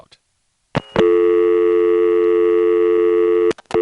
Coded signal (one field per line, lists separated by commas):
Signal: telephone call progress tone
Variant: North America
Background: speech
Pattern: dial tone